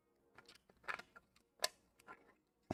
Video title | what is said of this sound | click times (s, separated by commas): Charlie's Angels #23 | and snaps right in there | 2.7 s